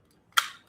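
The battery compartment cover of a TV remote is opened to take out an ordinary battery. A faint tick or two comes first, then one sharp, short snap at 0.4 s that fades quickly. The cover is released open.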